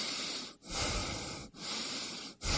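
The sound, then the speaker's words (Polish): Deep breathing in and out, each long breath a loud, airy rush of noise, separated by brief pauses in a steady rhythm, with no voices. “Proszę oddychać.”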